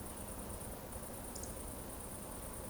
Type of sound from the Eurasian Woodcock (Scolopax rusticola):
whistle